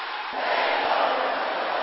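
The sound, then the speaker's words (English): A large church audience shouts "Power!" together during prayer, a dense roar of many voices that swells after a brief quieter start and holds steady, with no single voice standing out. “Can I hear everybody shouting it again?”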